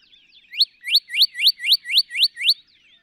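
Northern cardinal song: a rapid series of eight rising whistled notes, evenly repeated about four per second.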